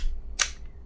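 A plastic helmet piece is pushed onto a plastic Megazord model robot head assembly after a cable has been attached to the top of the helmet. A sharp, loud snap at 0.4 s shows the pieces clicking together and seating, then the sound fades into quiet.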